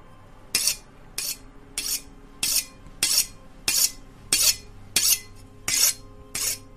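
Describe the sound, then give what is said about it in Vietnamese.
A knife being sharpened at 11 at night, for slaughtering a pig, in ten regular strokes, each a bright, hissing metallic scrape lasting about half a second, spaced evenly with brief pauses between, over a faint low hum. “Thế nhưng thằng Lợi dường như không nghe, mà nó nghe thấy có tiếng mài dao vang lên ở đâu đó.”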